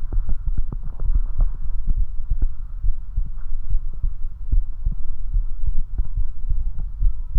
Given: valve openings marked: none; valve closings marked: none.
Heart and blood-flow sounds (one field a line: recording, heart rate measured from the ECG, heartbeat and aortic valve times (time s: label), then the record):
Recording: heart sounds by stethoscope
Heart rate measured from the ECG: 70 bpm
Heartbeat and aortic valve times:
0.15 s: heartbeat (ECG mark)
1.07 s: heartbeat (ECG mark)
1.99 s: heartbeat (ECG mark)
2.86 s: heartbeat (ECG mark)
3.72 s: heartbeat (ECG mark)
4.55 s: heartbeat (ECG mark)
5.36 s: heartbeat (ECG mark)
6.19 s: heartbeat (ECG mark)
7.04 s: heartbeat (ECG mark)
From the record:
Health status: healthy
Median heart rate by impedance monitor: 70 bpm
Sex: male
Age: 21 years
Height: 170 cm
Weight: 85 kg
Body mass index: 29.41